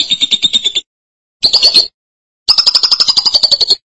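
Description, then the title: Lovebird giving three bursts of rapid, raspy high-pitched chatter, the second short and the last slightly higher, separated by brief silences. "BM Suara Burung Lovebird"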